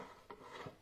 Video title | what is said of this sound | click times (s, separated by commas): Vidéo : pourquoi le gaufrier Téfal ne chauffe pas correctement ? J'ai la solution ! | deux crans on met bien dans l'écran on attend que ça clipse hopiss | 0.3 s